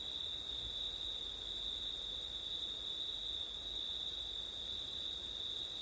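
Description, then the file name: Crickets chirr without a break in a thin, piercing buzz, while low wind noise rustles in the background. Crickets at night in September, with wind. "crickets wind september night ortif"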